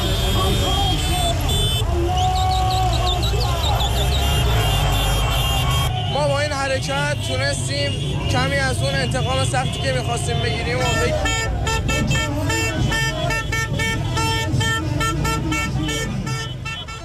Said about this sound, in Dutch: In de hoofdstad van Iran, Teheran, gingen intussen duizenden mensen de straat op om de Iraanse aanval op Israël te vieren. Met vuurwerk en toeterende auto's.